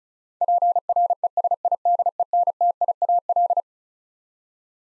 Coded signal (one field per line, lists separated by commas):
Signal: Morse code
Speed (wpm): 36 wpm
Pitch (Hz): 700 Hz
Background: none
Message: PRESIDENTIAL